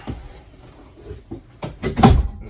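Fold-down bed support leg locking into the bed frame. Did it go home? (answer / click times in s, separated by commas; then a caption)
yes / 2.0 s. The fold-down support leg of a Murphy bed is pulled out, and it drops down and locks into the bed frame. Soft handling knocks lead up to a thud at 1.6 s, followed by a sharp, loud knock at 2.0 s as the leg locks into place.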